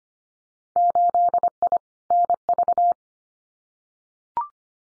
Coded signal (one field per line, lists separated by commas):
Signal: Morse code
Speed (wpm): 25 wpm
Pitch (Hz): 700 Hz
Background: none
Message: 8I NV